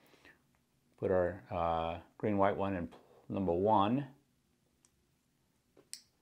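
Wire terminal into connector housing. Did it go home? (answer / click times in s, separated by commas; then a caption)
yes / 5.9 s. Someone talks while a green/white wire's crimped metal terminal is pushed from the rear into cavity 1 of a plastic female 2-way connector. A sharp click at 5.9 s marks the terminal locking into place, fully seated.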